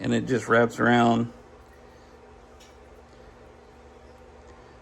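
A metal boot clamp is wrapped around the CV joint boot on the driveshaft of a 2013 Jeep Wrangler before being locked into place. Someone talks for the first second or so, then only a quiet, steady low background hum remains. Nothing has locked or clicked yet.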